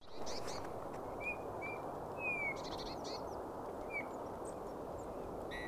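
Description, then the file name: Eurasian bullfinch giving soft, plaintive piping whistles, four brief level notes at uneven intervals, over constant low rushing noise. "Pyrrhula pyrrhula"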